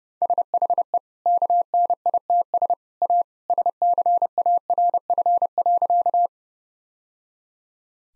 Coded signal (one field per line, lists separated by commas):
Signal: Morse code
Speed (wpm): 32 wpm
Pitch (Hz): 700 Hz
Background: none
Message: SHE KNITS A SCARF.